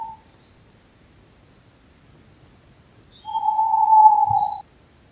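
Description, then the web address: Owl calling: the tail of one note, then after a pause a long, even whistled tone held for over a second, with a soft thump underneath. May 2023. "fotky 2023 05 luz sova"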